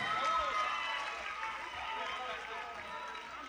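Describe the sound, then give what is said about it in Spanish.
A concert audience at a live show in Tampa in 2007 applauds and cheers in a dense, steady wash of clapping with shouting voices mixed in. The sound holds at an even loudness for the whole stretch. “Aplausos que se valen.”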